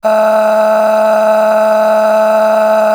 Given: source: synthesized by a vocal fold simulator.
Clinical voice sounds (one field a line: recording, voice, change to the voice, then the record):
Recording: sustained vowel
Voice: female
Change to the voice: a random mix of aspiration noise, stiffness perturbation and strain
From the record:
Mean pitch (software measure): 216 Hz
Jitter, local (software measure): 1.61%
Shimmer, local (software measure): 11.6%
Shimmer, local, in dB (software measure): 1.01 dB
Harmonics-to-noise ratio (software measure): 13.4 dB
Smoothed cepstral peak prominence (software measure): 10.6 dB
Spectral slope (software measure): -21.9 dB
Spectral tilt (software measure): -8.5 dB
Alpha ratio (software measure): -12.4 dB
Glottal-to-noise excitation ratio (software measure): 0.829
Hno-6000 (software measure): 1.9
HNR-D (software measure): 36.4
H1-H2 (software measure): 6.8 dB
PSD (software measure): 6.6e-05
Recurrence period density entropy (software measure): 0.118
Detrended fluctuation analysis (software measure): 0.0168